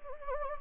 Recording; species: mosquito wingbeat signal from an infrared sensor; Anopheles gambiae